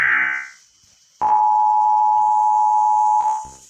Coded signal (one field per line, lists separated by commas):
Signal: Emergency Alert System (SAME) tones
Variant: 853 and 960 Hz attention tone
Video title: Tucson EAS Alarm (TORNADO WARNING) 2001